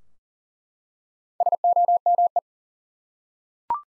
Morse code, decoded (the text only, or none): SOME